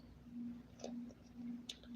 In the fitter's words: You press it till it clicks.